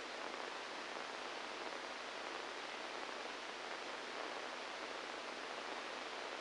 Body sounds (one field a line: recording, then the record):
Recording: brain microelectrode recording played as sound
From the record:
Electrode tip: inside the subthalamic nucleus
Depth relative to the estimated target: -1 mm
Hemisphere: right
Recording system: NeuroSet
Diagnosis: Parkinson's disease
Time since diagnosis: 7 years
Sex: male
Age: 69 years